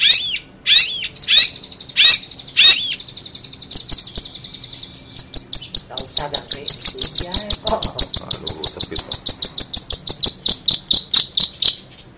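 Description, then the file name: Long-tailed shrike song: several loud harsh notes, then a long run of quick high chattering notes repeated evenly. Master song used as a model for training songbirds. "cendet master. omkicau"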